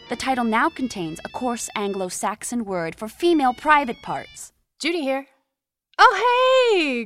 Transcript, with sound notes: The title now contains a coarse anglo saxon word for female private parts. [SOUND: TELEPHONE RINGING] Judy here. Oh hey.